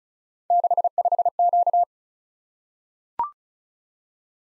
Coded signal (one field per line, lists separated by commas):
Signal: Morse code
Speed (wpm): 36 wpm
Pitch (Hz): 700 Hz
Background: none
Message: 65Q